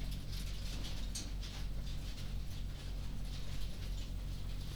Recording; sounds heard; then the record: poultry house recording; no chicken sound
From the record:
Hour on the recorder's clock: 20